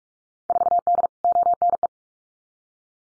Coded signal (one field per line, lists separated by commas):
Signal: Morse code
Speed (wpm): 46 wpm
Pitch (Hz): 700 Hz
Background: none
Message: 4D ONE